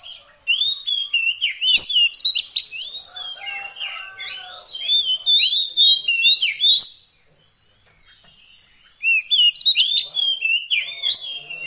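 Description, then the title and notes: Oriental magpie-robin song: loud, varied whistled phrases with rising and falling slurs, delivered in rapid bursts, pausing briefly near the end before resuming. Long-duration magpie-robin 'isian' fill-in song, meant to make the bird sing actively day and night. "Kacer Jadi Gacor Siang Malam. Isian Kacer"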